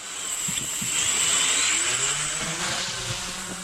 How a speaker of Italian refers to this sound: Era un drone o un motorino? Più un motorino che un drone, ma cascano i droni. Sai, abbiamo visto che cadono, quindi insomma. Il vecchio ciao della Piaggio, sembrava.